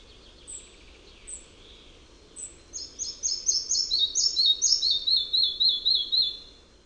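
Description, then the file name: Red-breasted flycatcher song over a soft, steady background hiss: scattered high thin notes, then a lively descending sequence of repeated chiming note pairs ending the phrase. "MUCHOLOWKAMALA"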